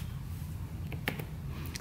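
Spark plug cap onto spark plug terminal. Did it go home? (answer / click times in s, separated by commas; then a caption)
no / none. A rubber spark plug cap with a metal clip is pushed onto the spark plug terminal of an old dirt bike with odd metal around it, over a steady low hum. Faint taps and scrapes come at about 0.9, 1.1, 1.2 and 1.8 seconds. The cap does not snap on properly, and nothing has clicked into place yet.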